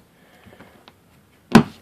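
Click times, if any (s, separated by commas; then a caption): 1.5 s. A rubber uniseal grommet is pushed into a hole cut in the flat wall of a plastic tote, with faint handling rustles and a small tick near 0.9 s. At 1.6 s it pops in with a sharp, loud snap that rings briefly, and the grommet is seated, fitting well because the tote wall is flat rather than curved.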